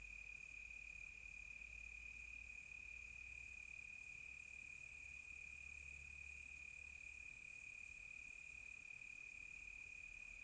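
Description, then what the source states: Crickets keep up an unbroken high, ringing trill with a constant tone, plus a fainter upper shimmer and a low rumble early on. Close crickets on a quiet tropical night.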